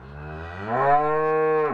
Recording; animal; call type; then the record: contact call of a hoofed animal; cattle; low-frequency (closed-mouth) or high-frequency (open-mouth) call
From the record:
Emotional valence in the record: negative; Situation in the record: full separation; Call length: 1.74 s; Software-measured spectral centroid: 1040 Hz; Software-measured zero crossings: 1320 a second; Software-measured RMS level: -23 dBFS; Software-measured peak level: -6 dBFS